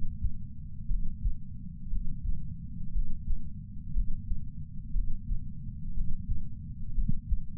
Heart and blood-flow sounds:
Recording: heart sounds by patch sensor on the chest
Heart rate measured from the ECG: 59 bpm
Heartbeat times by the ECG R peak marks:
0.89 s: heartbeat
1.91 s: heartbeat
2.93 s: heartbeat
3.95 s: heartbeat
4.94 s: heartbeat
5.95 s: heartbeat
6.96 s: heartbeat
From the record:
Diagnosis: coronary artery disease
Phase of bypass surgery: preoperative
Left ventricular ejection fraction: 41.8%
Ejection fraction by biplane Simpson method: 39%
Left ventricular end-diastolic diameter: 62 mm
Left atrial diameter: 43 mm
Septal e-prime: 3 cm/s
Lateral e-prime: 8 cm/s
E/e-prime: 13.6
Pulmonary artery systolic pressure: 41 mmHg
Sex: male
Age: 69 years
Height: 165 cm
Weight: 60 kg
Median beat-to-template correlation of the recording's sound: 0.79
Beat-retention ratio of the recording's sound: 0.99

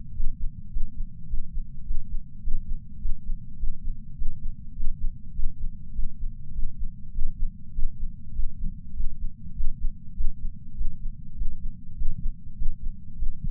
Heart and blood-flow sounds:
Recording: heart sounds by patch sensor on the chest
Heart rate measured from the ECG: 101 bpm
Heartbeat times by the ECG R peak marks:
0.12 s: heartbeat
0.69 s: heartbeat
1.26 s: heartbeat
1.83 s: heartbeat
2.40 s: heartbeat
2.98 s: heartbeat
3.56 s: heartbeat
4.14 s: heartbeat
4.73 s: heartbeat
5.32 s: heartbeat
5.92 s: heartbeat
6.51 s: heartbeat
7.11 s: heartbeat
7.72 s: heartbeat
8.32 s: heartbeat
8.93 s: heartbeat
9.53 s: heartbeat
10.13 s: heartbeat
10.74 s: heartbeat
11.34 s: heartbeat
11.94 s: heartbeat
12.55 s: heartbeat
13.15 s: heartbeat
From the record:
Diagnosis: coronary artery disease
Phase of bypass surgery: preoperative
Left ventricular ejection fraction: 69.2%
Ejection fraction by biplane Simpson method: 67.6%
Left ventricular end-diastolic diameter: 44 mm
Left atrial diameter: 34 mm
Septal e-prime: 8.5 cm/s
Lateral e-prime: 9.7 cm/s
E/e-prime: 11.5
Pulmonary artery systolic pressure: 27 mmHg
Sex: male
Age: 74 years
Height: 168 cm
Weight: 55 kg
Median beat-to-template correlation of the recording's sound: 0.94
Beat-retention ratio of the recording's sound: 0.99

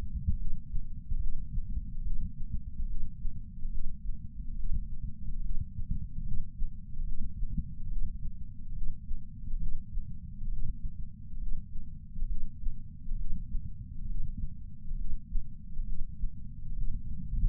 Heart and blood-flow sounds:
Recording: heart sounds by patch sensor on the chest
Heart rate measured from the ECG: 70 bpm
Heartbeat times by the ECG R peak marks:
0.37 s: heartbeat
1.19 s: heartbeat
2.02 s: heartbeat
2.87 s: heartbeat
3.70 s: heartbeat
4.55 s: heartbeat
5.41 s: heartbeat
6.23 s: heartbeat
7.04 s: heartbeat
7.88 s: heartbeat
8.73 s: heartbeat
9.58 s: heartbeat
10.49 s: heartbeat
11.38 s: heartbeat
12.27 s: heartbeat
13.16 s: heartbeat
14.07 s: heartbeat
14.96 s: heartbeat
15.84 s: heartbeat
16.73 s: heartbeat
From the record:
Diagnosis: coronary artery disease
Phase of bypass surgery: preoperative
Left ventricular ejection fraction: 52.3%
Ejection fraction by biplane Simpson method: 38%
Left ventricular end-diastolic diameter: 62 mm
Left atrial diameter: 45 mm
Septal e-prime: 4 cm/s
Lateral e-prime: 7 cm/s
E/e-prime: 12.2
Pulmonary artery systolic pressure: 24 mmHg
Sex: male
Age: 61 years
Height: 174 cm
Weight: 80 kg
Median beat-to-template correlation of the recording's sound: 0.91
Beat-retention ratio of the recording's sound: 0.97

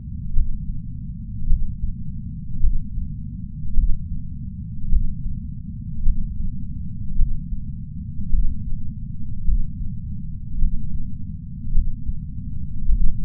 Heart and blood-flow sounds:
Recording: heart sounds by patch sensor on the chest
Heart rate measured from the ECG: 53 bpm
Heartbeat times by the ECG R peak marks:
0.32 s: heartbeat
1.45 s: heartbeat
2.59 s: heartbeat
3.73 s: heartbeat
4.88 s: heartbeat
6.01 s: heartbeat
7.14 s: heartbeat
8.29 s: heartbeat
9.43 s: heartbeat
10.57 s: heartbeat
11.71 s: heartbeat
12.84 s: heartbeat
From the record:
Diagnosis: coronary artery disease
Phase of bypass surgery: intraoperative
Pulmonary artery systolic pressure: 17 mmHg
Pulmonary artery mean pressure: 9 mmHg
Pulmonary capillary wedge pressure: 2 mmHg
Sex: male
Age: 71 years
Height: 162 cm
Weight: 75 kg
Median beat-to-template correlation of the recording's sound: 0.89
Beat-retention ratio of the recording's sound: 0.98

